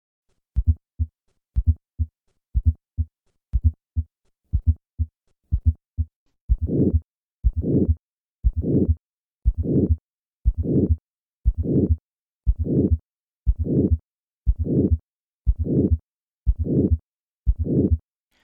Significant aortic stenosis with a fourth heart sound. A palpable fourth heart sound suggests that significant aortic stenosis is present.